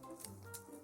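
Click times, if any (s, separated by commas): none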